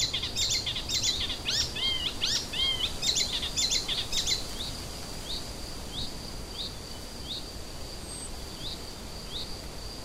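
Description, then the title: Icterine warbler song of lively chirps and whistled slurs for about four seconds, then only short sparse squeaks over a steady high tone. Kirchdorf, Germany. "Kirchdorf, Deutschland - Gelbspötter"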